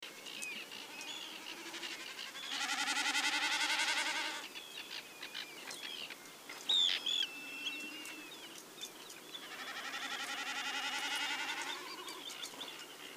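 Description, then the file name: Common snipe drumming: two bouts of a rapid, throbbing, pulsed humming that swells and fades, separated by a pause with a few short bird chirps. "bekassine"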